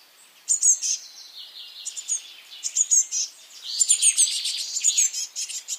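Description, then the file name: Eurasian blue tit calls: sharp high note groups mixed with rough, buzzy scolding churrs, coming in irregular bursts. "Cyanistes caeruleus"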